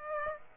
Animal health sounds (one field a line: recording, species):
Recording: mosquito wingbeat signal from an infrared sensor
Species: Aedes aegypti